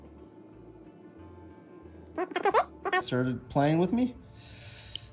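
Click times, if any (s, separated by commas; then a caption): 5.0 s. A crimped wire terminal, the last and stubborn one of four pins, is pushed into a plastic connector housing for a harness adapting a Baja LP6 Pro light to an Indian Sport Chief. Over a faint low hum and someone talking, a sharp short click is heard at 5.0 s. The terminal snaps into place, completing all four pins.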